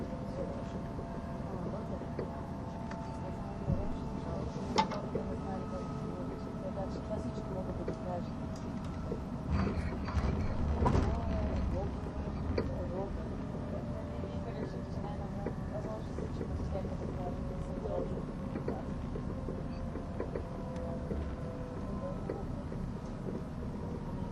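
An ETR610 tilting EuroCity train runs on the Gotthard Base Tunnel route, with a steady low rumble throughout. Faint whining tones glide slowly in pitch, and brief clicks and knocks occur, with a louder burst of noise around ten to eleven seconds. Murmured voices mix in.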